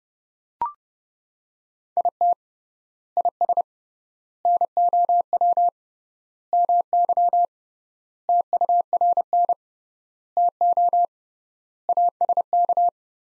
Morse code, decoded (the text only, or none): IT IS NOW MY TURN TO ASK